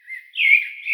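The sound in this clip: Bird chirp: a short soft whistle followed by a louder, fuller whistled phrase that dips and rises again, heard in a quiet background.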